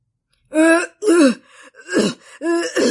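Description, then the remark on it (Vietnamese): A string of about five short, voiced throat-clearing coughs comes in quick succession, each a gruff, hesitant burst of moderate loudness with brief pauses between them and no talking. “Sư đàn chủ chột dạ, ho mấy tiếng”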